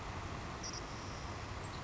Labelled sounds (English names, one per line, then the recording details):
Savannah Sparrow
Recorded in Sonoma County, California